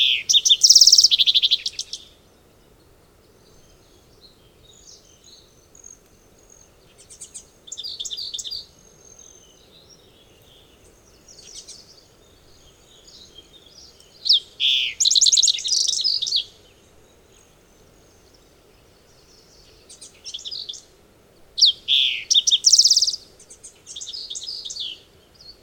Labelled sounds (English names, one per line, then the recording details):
Green-tailed Towhee song
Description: Green-tailed Towhee song recorded on the Cow Creek Trail in Rocky Mountain National Park
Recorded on 22 June 2015